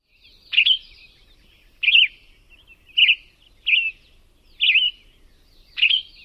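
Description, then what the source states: Western Tanager singing a slow, spaced song of short hoarse phrases, about one per second, with quiet gaps between. Spaced-out, relaxed song pace, most typical of dawn song; less musical, with a harsh or hoarse quality.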